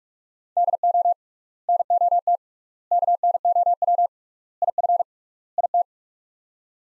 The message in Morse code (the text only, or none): DO NOT KNOW IF IT